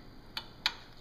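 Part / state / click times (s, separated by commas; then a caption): plastic cable cap on a threaded TV mounting stem / seated / 0.4 s, 0.7 s. A plastic cable cap on a threaded TV mounting stem is pressed shut after the coax and data cables are tucked into it. Two sharp clicks are heard, at 0.4 s and a louder one at 0.7 s, over faint background hiss. The cap snaps closed and seats.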